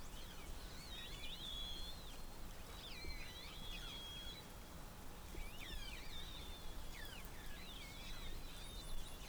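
Whale whistles, many overlapping looping and sweeping tones in several bursts, some rising, some falling, over steady low background noise.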